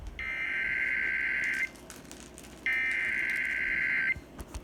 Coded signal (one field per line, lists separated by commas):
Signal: Emergency Alert System (SAME) tones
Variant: header bursts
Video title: EAS Severe Thunderstorm Warning 8/18/2020 2